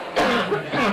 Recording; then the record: coughing mixed with background sound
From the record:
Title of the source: Barking cough - # 10